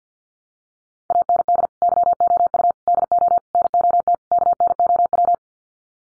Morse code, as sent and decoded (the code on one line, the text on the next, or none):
.- -. -.. / -.-- --- ..- / -.. --- / -. --- - / -.- -. --- .--
AND YOU DO NOT KNOW